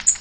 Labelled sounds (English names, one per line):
Blackpoll Warbler flight call